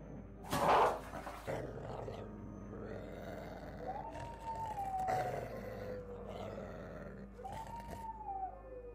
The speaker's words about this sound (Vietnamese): Những con chó trong nhà dân chẳng hiểu sao cùng lúc trồm lên. Chúng thi nhau cào vào cổng nhà như muốn thoát ra bên ngoài. Đám chó sủa vang lên inh ỏi. Có con còn chu dài lên cả thành một tiếng dài.